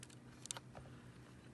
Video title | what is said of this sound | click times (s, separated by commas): FZ-G1 MK4 SERIAL PORT INSTALLATION VIDEO FROM WARCHEAPLAPTOPS.NET PANASONIC TOUGHPAD | we'll just use a little thing there, got a little bit of nail, pop those out. | 0.5 s